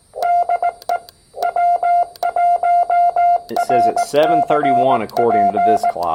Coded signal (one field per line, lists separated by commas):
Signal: Morse code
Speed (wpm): 20 wpm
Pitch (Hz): 700 Hz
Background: speech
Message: DE W1RCP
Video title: Two #POTA activations using R1CBU on Xiegu X6100 and MFJ-1898 #hamRadio